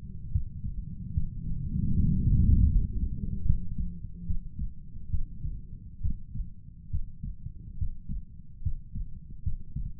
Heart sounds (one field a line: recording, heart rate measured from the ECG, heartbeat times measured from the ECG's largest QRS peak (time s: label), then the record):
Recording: heart sounds by stethoscope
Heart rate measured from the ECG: 72 bpm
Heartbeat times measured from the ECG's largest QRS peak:
0.32 s: heartbeat
1.13 s: heartbeat
1.94 s: heartbeat
2.69 s: heartbeat
3.46 s: heartbeat
4.26 s: heartbeat
5.10 s: heartbeat
6.01 s: heartbeat
6.90 s: heartbeat
7.78 s: heartbeat
8.62 s: heartbeat
9.43 s: heartbeat
From the record:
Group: healthy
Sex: male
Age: 35 years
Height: 178 cm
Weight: 64 kg